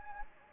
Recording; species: mosquito wingbeat signal from an infrared sensor; Anopheles gambiae